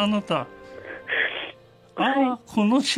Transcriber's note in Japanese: 鼻を吸って